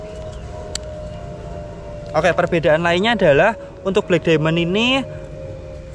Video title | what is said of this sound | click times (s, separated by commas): TREKKING POLE LEKI & BLACK DIAMOND! BERASA JADI KAMBING GUNUNG KARENA PUNYA 4 KAKI! | sampai bunyi tek | 0.8 s